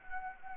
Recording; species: mosquito wingbeat signal from an infrared sensor; Anopheles gambiae